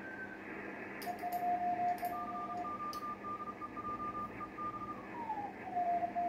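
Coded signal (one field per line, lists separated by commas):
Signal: Morse code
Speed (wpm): 33 wpm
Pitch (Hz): 1200 Hz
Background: radio noise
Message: CQ DE JEB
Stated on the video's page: QRP CW contact via satellite RS-44.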